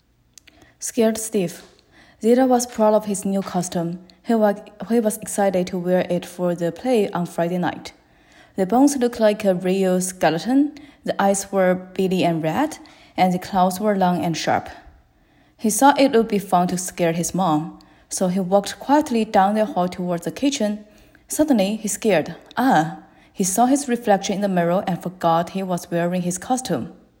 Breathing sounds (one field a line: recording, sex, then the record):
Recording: reading aloud after running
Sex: female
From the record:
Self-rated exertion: light exertion (2 of 6)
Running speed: 6 miles an hour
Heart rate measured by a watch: 124 beats a minute at the start, 116 at the end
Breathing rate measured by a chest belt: 16 breaths a minute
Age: 28 years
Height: 155 cm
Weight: 44 kg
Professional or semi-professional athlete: no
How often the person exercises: 3 to 5 times a week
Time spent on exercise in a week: over 5 hours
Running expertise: yes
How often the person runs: 3 to 5 times a week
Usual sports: running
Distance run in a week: 45 km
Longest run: 32 km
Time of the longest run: 200 minutes